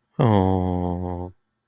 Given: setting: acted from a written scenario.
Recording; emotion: vocal sound without words; pride